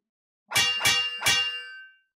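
Three bright metallic clangs strike in quick succession, each ringing out with a shimmering, high-pitched tail that overlaps the next and slowly fades away.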